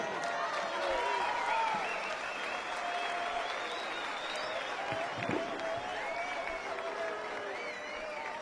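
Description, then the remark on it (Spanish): Sustained audience applause welcoming the first guest of the night, a dense wash of many hands clapping at an even, steady level for several seconds, with scattered higher-pitched whoops and cheers rising through it. “Un aplauso grande”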